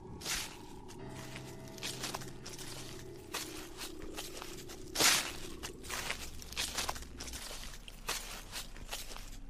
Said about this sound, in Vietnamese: hắn xác định chính là tiếng bước chân dẫm lên lá khô.